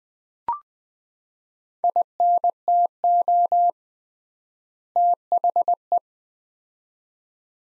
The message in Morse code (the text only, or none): INTO THE